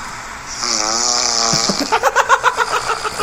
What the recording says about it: My wife came home last night. She'd been out drinking. She snored so loud I had to sleep on the futon that's on the living room. From a 5 foot tall woman.